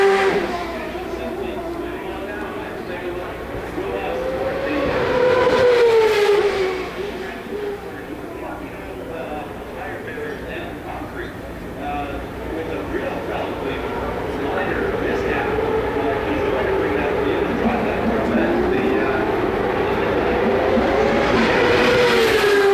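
Turbocharged V8 race cars roar past in waves, engine pitch rising and falling as they pass, loudest around five to six seconds and again building near the end. A dense, continuous engine drone fills the gaps, with voices mixed into the background.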